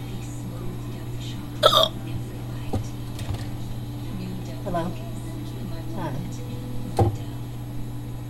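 Repeated hiccups from an adult.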